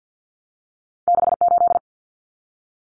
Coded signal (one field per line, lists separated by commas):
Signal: Morse code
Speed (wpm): 50 wpm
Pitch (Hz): 700 Hz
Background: none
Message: 68